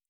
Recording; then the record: hydrophone in a shrimp aquaculture tank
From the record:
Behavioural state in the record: normal